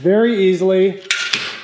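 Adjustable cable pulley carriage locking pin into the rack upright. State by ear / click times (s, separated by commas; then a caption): seated / 1.3 s. Someone talks while sliding the adjustable cable pulley carriage of a MAJOR FITNESS Spirit B2 home gym up the steel upright one-handed. Its spring pin drops into a hole in the rack upright with a sharp metallic clack at 1.3 s, locking the carriage in position.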